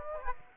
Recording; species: mosquito wingbeat signal from an infrared sensor; Aedes aegypti